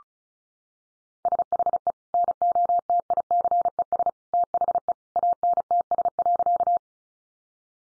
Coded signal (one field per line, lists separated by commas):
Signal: Morse code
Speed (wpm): 34 wpm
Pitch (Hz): 700 Hz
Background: none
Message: SHE NOTICES THE ANTS.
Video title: Easy Phrases 35wpm